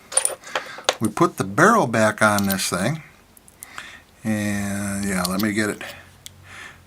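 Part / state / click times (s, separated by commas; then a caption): atomizer barrel onto build deck / seated / 6.3 s. The metal barrel (top cap) of a rebuildable dripping atomizer is pushed back onto its build deck while someone talks, with light metallic handling taps throughout. A single sharp click at 6.3 s marks the barrel snapping into place on the first try, seated.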